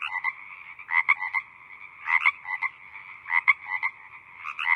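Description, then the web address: Frogs give grating croaks in uneven clusters over a steady hum of other frogs. Small group of frogs croaking in the evening. "evening frog ambience small group croaking"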